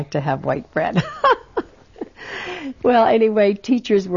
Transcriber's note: she laughs